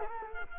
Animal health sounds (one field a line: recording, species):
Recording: mosquito wingbeat signal from an infrared sensor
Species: Culex quinquefasciatus